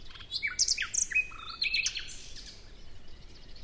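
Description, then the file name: Common nightingale song: a few sharp chirps, a sustained whistle, then a warbled phrase that fades out. "Luscinia megarhynchos"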